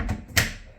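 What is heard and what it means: A snap-on cover lid is pushed so one of its push-in clips engages its mounting hole. After a faint tap at 0.1 s, a sharp, bright click rings out at 0.4 s and then fades. The first clip is seated in its hole.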